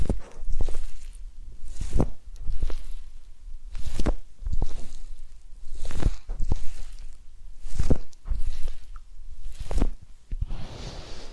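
Soft massage sounds made up of rubbing strokes and brushing, arriving in bursts roughly every two seconds. Each bursts carries a low thump along with a brighter swish. Faint rustling continues in the quieter gaps between strokes.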